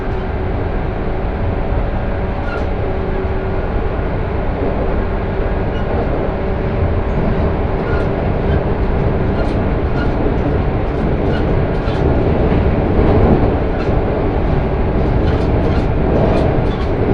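Inside a train on the Sanyo Main Line between Kurashiki and Fukuyama, a dense, steady low rumble of the carriage fills the whole stretch at an even level. Faint higher clicks and rattles tick through it irregularly, growing more frequent in the second half.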